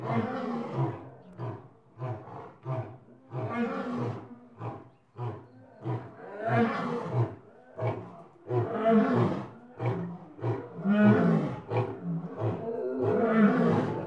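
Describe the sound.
Lion roaring in a long series of deep, harsh bursts, some short and grunting, others longer and louder, with brief gaps.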